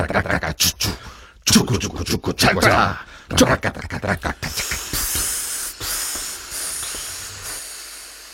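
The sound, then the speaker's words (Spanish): A voice imitates a train clattering along the rails in quick rhythmic bursts, then gives way to a steady, breathy hiss like escaping steam that fades out near the end. “Las vías de trenes... Toco, toco, toco, tran-tran.”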